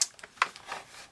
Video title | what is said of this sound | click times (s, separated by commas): CPAP Noisy. Driving me nuts at night. | Pretty easy to snap right in. | 0.4 s